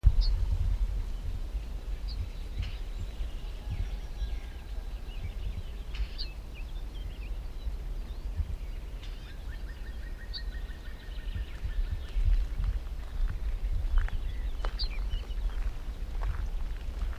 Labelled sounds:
Yellowhammer call
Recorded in the wild
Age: adult
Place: Runding, Bayrischer Wald, Bayern, DE
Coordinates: 49.2156, 12.7822
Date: 2004-06-30
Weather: heiter, 15°C, schwacher bis mäßiger Wind
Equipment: Tascam DA-P1, Sennheiser MKH 70, Windkorb
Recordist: Frommolt, Karl-Heinz

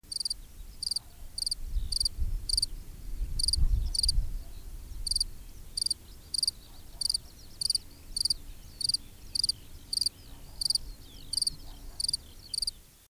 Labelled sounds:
Field Cricket stridulation
Eurasian Skylark
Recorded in the wild
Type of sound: stridulation
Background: Alauda arvensis, Canis lupus f. familiaris
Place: Röttenbach, Bayern, DE
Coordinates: 49.6683, 10.9244
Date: 1964-06-02
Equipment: Original, Vollspur
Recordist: Tretzel, Erwin
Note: Männchen: Stridulation

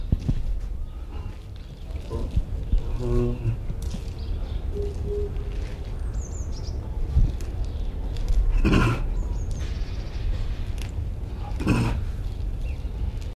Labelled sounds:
Tiger
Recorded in captivity
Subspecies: altaica
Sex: male
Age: adult
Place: Tierpark Berlin, Berlin, DE
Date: 1974-01-13 10:10
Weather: sunny, ca. 5°C
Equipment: Uher 4200 Report Stereo, Sennheiser MD 421, Verstärker
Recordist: Tembrock, Günter

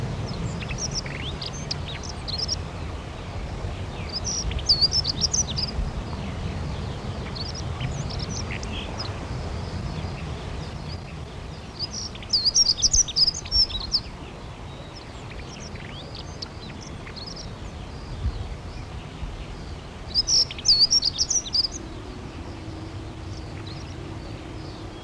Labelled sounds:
Dunnock song
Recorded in the wild
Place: Krombachtalsperre, DE
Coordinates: 50.6217, 8.12722
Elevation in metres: 530
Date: 1964-03-23
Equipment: Uher Report 4000, AKG D190
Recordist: Krey, Winfried

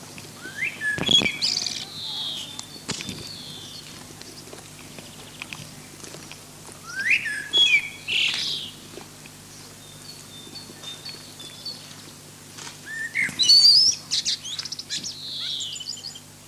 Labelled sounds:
Common Blackbird song
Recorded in the wild
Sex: male
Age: adult
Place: Lübars, Berlin, DE
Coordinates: 52.6167, 13.35
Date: 2006-04-25 18:45
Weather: sunny, 18°C
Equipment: Grundig CR 110, Sennheiser ME 80, Kopie Uher 4000 Report Monitor
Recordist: Tembrock, Günter

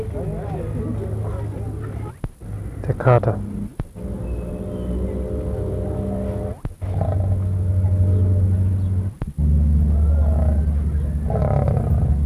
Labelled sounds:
Leopard
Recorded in captivity
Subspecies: saxicolor
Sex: pair
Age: adult
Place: Tierpark Carl Hagenbeck, Hamburg, DE
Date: 1961-08-25 18:45
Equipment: Minifon, Kopie Smaragd
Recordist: Tembrock, Günter
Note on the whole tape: Nordpersischer Leopard, Paar: Männchen läuft stereotyp, äußert an best. Stellen Laute, springt später Weibchen an, sie wirft sich auf Rücken (Abwehrlaute); er mit 2 Rufen, danach wieder Stereotypie. Abstand 3-8 m. Zum Teil gute Aufnahmesequenzen

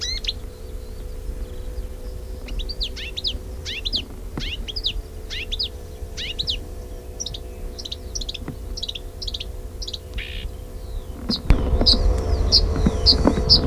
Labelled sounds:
Marsh Warbler song
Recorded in the wild
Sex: male
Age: adult
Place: Wiesenthau, Bayern, DE
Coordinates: 49.7128, 11.1353
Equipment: Maihak, Original, Vollspur
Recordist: Tretzel, Erwin
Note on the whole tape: Männchen: Gesang. Imitationen/Elemente: Tauchertrillern (?), Stieglitz (mit "aia"), Schwanzmeisen, "fuid -taktak" und "fuid - krrr", "pink pink", "pink pink", Mehlschwalben, Meisenlaute, "huid huid", Grünling ("gück gück"), "wäd wäd" (? Grasmücke), kurz Feldlerche, "gä gä" (Würger (?)), "ädäläpi", Stieglitz, "huid tatata", Bachstelze ("zißiß"), Feldlerche, "pink pink", Feldlerche, Stieglitz. Keine genaue Datumsangabe - 1960, 1.Teil

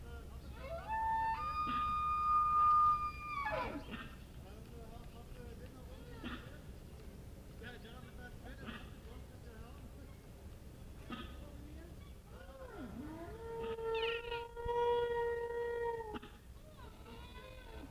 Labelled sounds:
Wapiti
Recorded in captivity
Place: Tierpark Berlin, Berlin, DE
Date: 1967-09-02
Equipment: R 20/2, Sennheiser MD 421
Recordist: Tembrock, Günter

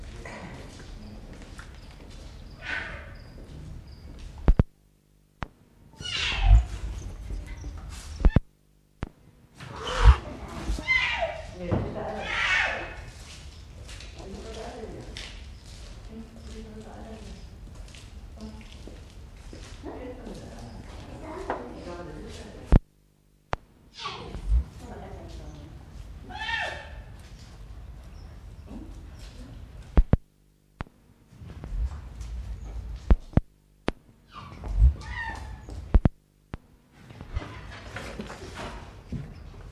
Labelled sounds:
Puma call
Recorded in captivity
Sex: diverse
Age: adult
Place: Zoo Berlin, Berlin, DE
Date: 1960-01-23 14:00
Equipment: Reporter (Vollspur)
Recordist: Tembrock, Günter
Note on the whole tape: Weibchen "Onca": maunzend, gegenüber einem Besucher, dann hechelndes Atmen von "Tobias" (alles in Abstand, da Mikrofon auf andere Arten gerichtet). Abstand ca. 12 m

